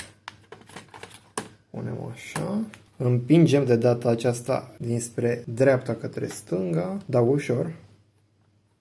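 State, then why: Not seated. An SSD is pushed gently from right to left into the SATA connector bay of a Lenovo ThinkPad L530 laptop, with a few short, sharp handling sounds in the first second and a half. Then someone talks over the handling. The clip ends before the drive goes home, so nothing has seated or clicked yet.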